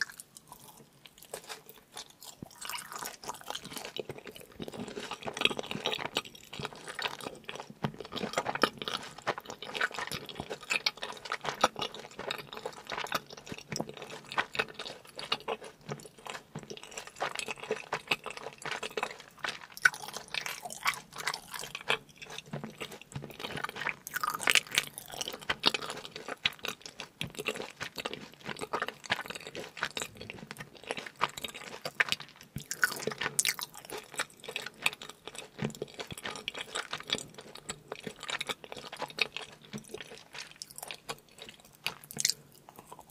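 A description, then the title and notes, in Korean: Continuous eating sounds of pizza: wet chewing, soft crunches of crust and smacking bites follow one another steadily for the whole stretch. The sounds are bright and crisp, with frequent sharp clicks, little low-end weight, and brief quieter pauses between mouthfuls. 피자먹방 eating sound.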